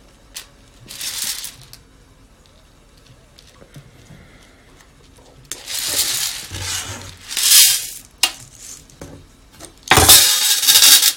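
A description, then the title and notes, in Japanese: Green coffee beans being roasted. Bursts of bright, dry rattling and hissing come around one second, again from about five to eight seconds, and loudest near the end, as the beans are shaken or stirred. Between bursts it goes quiet, with a faint low hum and occasional small clicks. 今朝は”キリマンジャロブレンド”生豆を焙煎。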